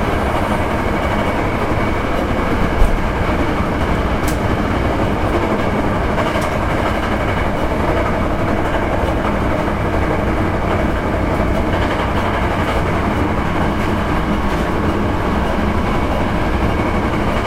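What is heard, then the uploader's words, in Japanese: Running noise from inside a Hankyu 9300 series limited express train on the Kyoto Line. A dense, steady rumble and hum fills the whole clip without letting up. Faint clicks and brief higher squeals break through every few seconds, with a slight bump near the three-second mark. 阪急電鉄9300系電車の走行音です。京都線の特急列車にて収録しました。区間は高槻市から烏丸までです。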